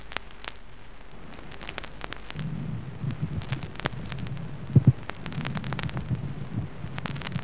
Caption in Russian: Шум трения плевры также выслушивается в начале эксудативного плеврита и при рассасывании плевральной жидкости. Нежный шум трения плевры.